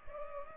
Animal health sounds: mosquito wingbeat signal from an infrared sensor; Culex pipiens

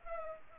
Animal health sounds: mosquito wingbeat signal from an infrared sensor; Culex pipiens

